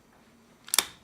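A battery pack is slid into the back of a video camera and pushed until it clicks into place, showing the battery is secure. After quiet, a faint tick at 0.7 s leads into two sharp clicks at 0.7 and 0.8 seconds, the second loudest, followed by a brief ringing decay.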